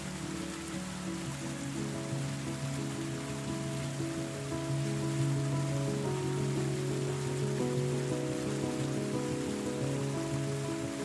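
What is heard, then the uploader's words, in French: A quiet river flows steadily under soft music, its hiss spread evenly across the whole clip like light rain. Low sustained notes and gentle tones hold and shift slowly, growing a little fuller and louder from about five seconds onward. Le flux tranquille d'une rivière et une musique douce.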